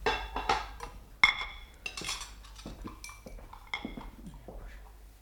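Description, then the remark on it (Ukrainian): Dishes being washed: plates and cutlery clink and clatter in an irregular run of sharp, bright knocks, one louder crack standing out early, with no one speaking. “Я пойду тарелки помою.”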